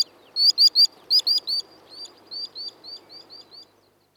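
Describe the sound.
Bird chirping, a quick series of bright, upslurred high chirps, loud at first and fading as they slow near the end.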